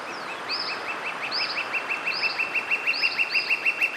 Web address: Rough legged tyrannulet. صدای-پرنده-ژیانمرغک-پازبر